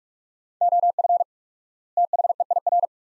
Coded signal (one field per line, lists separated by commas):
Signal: Morse code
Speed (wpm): 42 wpm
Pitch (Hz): 700 Hz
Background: none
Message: OF THEIR